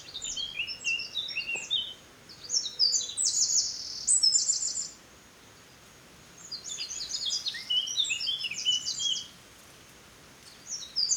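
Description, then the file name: Eurasian wren song: two long phrases of rapid, piercing high notes with a loud, buzzing trill in the first, separated by a short silence, and a third phrase starting at the end. "Troglodytes troglodytes"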